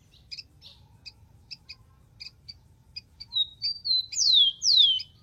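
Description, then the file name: Rufous-collared sparrow: a run of soft evenly spaced chips, then level whistles and two loud falling whistles at the close. "canto do tico tico"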